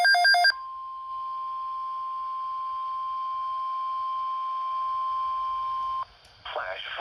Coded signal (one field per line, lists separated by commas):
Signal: Emergency Alert System (SAME) tones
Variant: 1050 Hz attention tone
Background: speech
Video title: Flash Flood Watch (EAS #12)